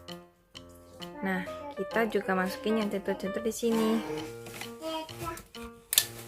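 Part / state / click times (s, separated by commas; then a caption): vacuum cleaner extension tube connector into main body / seated / 5.9 s, 6.0 s. Someone talks over background music while the plastic extension tube connector of a stick vacuum cleaner, which has small locking nubs, is pushed into its socket on the main body. Sharp clicks at 5.9 s and 6.0 s show that the connector has seated and locked in.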